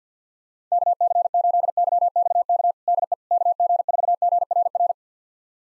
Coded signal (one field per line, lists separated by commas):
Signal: Morse code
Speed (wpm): 50 wpm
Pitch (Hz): 700 Hz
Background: none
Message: KC8YXK DE KG4GRR